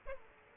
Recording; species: mosquito wingbeat signal from an infrared sensor; Aedes aegypti